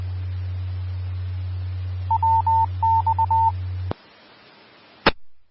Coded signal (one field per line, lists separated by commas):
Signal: Morse code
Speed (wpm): 20 wpm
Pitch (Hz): 900 Hz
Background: none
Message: WX E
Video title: 2013-08-03 - Denver Area Skywarn Repeater 146.940 Mhz